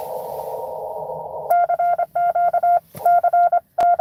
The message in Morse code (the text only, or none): CQ C T